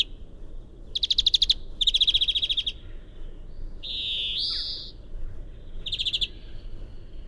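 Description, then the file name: European greenfinch singing two quick twittering trills, then a long wheezy rising note and another short trill, with steady low background rumble. "chant verdier"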